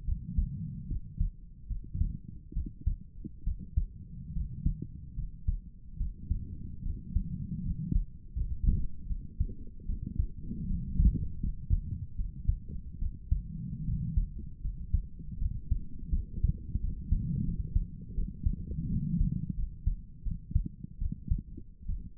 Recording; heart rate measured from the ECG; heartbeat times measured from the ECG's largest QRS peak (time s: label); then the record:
heart sounds by stethoscope; 77 bpm
0.06 s: heartbeat
0.89 s: heartbeat
1.68 s: heartbeat
2.54 s: heartbeat
3.45 s: heartbeat
4.34 s: heartbeat
5.16 s: heartbeat
5.98 s: heartbeat
6.83 s: heartbeat
7.64 s: heartbeat
8.35 s: heartbeat
9.08 s: heartbeat
9.87 s: heartbeat
10.67 s: heartbeat
11.41 s: heartbeat
12.17 s: heartbeat
13.00 s: heartbeat
13.86 s: heartbeat
14.62 s: heartbeat
15.39 s: heartbeat
16.12 s: heartbeat
16.81 s: heartbeat
17.46 s: heartbeat
18.15 s: heartbeat
18.89 s: heartbeat
19.56 s: heartbeat
20.24 s: heartbeat
20.99 s: heartbeat
21.87 s: heartbeat
From the record:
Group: healthy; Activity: rest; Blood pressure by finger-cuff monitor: 113/55 mmHg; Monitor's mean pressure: 72 mmHg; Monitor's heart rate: 76 bpm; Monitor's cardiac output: 7.7 L/min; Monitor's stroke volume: 97 mL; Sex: female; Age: 22 years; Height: 160 cm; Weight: 63 kg